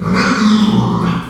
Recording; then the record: squeal of a Yucatan mini pig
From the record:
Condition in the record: after surgery on the right vocal fold (resection and tissue-engineered implant); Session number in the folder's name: 16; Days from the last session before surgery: 183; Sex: female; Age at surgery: 19 weeks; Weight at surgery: 25 kg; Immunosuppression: prednisolone